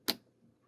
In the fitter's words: And you'll hear the click. You hear the click as